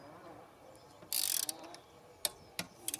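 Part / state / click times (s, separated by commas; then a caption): torque wrench on bicycle handlebar stem bolts / torque reached / 2.2 s. A torque wrench set to 7 Nm tightens the handlebar stem clamp bolts on a LIDL Crivit Urban E-Bike Y.2 (250W, 36V, 10Ah, belt drive). A series of small ratchet ticks around 1.1–1.5 s is followed by one louder, sharp click at 2.3 s, the wrench releasing at its setting, with a few more light ticks after.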